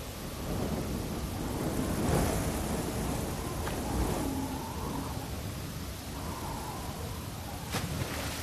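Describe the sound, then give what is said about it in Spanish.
Steady heavy rain pours down in a dense, hissing wash while low thunder rumbles and swells beneath it, with a sharper crack near the end. No voices. “Y seré agua de esta tormenta.”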